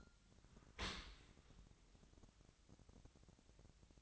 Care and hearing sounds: daily activity, microphone in the room; open dishwasher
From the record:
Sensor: 3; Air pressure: 1003.1 hPa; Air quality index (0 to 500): 197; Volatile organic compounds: 6 ppm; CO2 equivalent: 1922 ppm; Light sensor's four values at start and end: 34/85/36/39 and 34/85/36/39

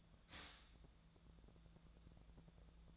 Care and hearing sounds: daily activity, microphone in the room; stop toaster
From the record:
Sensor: 3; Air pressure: 1000.3 hPa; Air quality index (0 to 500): 151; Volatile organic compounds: 3 ppm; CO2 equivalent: 1333 ppm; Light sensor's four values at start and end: 37/94/40/43 and 37/94/39/43

